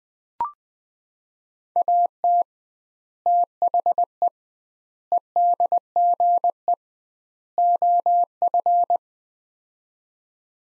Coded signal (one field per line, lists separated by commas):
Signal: Morse code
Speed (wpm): 21 wpm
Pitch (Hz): 700 Hz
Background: none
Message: AT THE EDGE OF